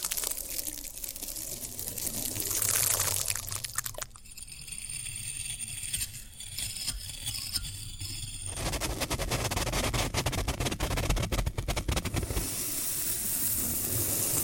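Floral foam being handled, with a steady dry hiss and low rumble underneath. From about four seconds it turns to dense, brittle crackling, then a run of rapid crunching snaps until around twelve seconds, easing back to a softer, airy rustle at the end.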